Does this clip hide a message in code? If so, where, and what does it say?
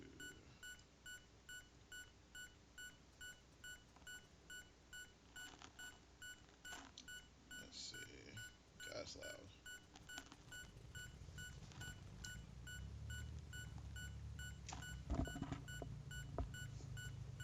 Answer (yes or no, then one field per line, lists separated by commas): no